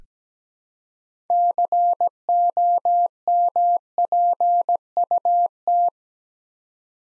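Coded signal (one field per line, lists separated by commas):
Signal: Morse code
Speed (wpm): 17 wpm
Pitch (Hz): 700 Hz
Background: none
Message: COMPUT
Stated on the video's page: Computer-generated Morse practice for beginners moving to words, copying 8-letter words three letters at a time at 17 wpm, building instant character recognition.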